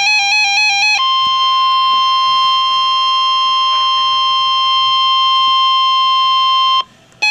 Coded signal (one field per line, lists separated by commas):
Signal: Emergency Alert System (SAME) tones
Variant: 1050 Hz attention tone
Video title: Severe Thunderstorm Warning (EAS #285)